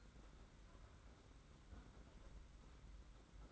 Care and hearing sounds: daily activity, microphone in the room; close fridge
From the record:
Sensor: 3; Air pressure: 991.8 hPa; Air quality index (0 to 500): 216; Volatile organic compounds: 1000 ppm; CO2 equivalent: 7376 ppm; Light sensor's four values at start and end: 32/96/39/33 and 32/96/39/33

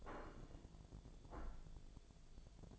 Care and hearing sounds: daily activity, microphone in the room; place plate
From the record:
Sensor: 5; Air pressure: 1000.3 hPa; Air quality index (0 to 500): 125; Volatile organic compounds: 2 ppm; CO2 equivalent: 991 ppm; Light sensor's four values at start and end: 97/230/98/106 and 97/230/98/106

